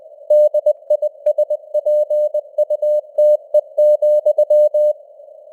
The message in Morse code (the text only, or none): DISPUTE,